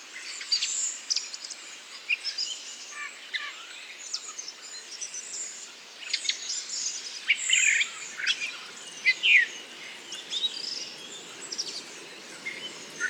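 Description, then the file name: Redwing subsong, a jumble of high thin chirps and twittering notes, fairly quiet over a steady low hiss of background noise. Solitary redwing giving babbling subsong (babil) in Bois du Puech; recorded with Telinga. "grive-mauvis-babil-solitaire-version-1-extrait-bois-du-puech-F 4 telinga"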